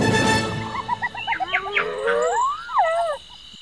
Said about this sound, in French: Lors de ses grands voyages passionnants, à la tombée de la nuit, alors qu'elle est confortablement emmitouflée dans son duvet, Jane entend les lions rugir au loin et les hyènes qui ricanent en se disputant leur proie.